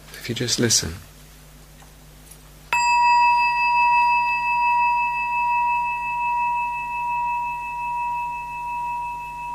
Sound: rings bell

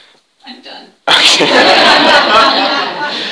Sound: pause; laughter

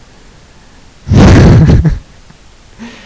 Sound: laughs

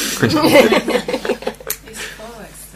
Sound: laughter

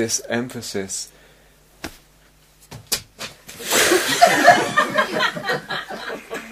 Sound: more noises, laughter

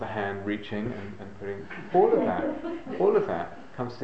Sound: laughter

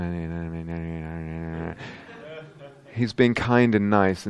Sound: laughter

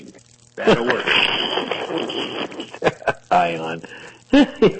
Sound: laughs

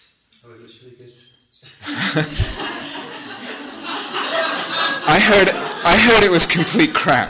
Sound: laughter

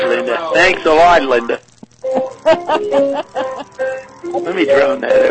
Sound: laughs

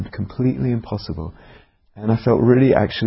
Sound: none

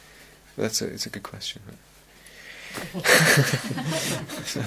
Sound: laughter

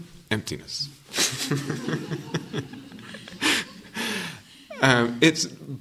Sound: laughter

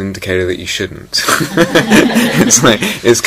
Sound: laughter

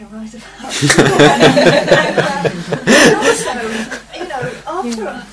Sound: laughter

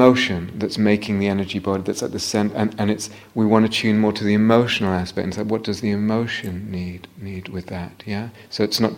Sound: none

